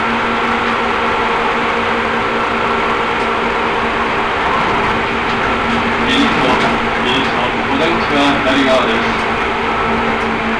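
A Seibu Railway train rides with a steady hum and drone, and faint clinking and chatter briefly rise around six to nine seconds.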